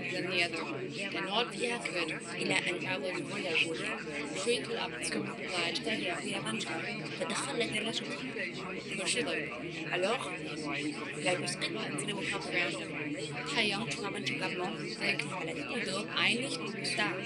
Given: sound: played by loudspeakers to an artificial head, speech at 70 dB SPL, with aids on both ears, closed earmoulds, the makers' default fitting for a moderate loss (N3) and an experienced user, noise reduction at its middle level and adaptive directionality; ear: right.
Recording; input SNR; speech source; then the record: speech test signal (ISTS) in cocktail-party noise; -6 dB; in front (0 degrees)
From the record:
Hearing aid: class 2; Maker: C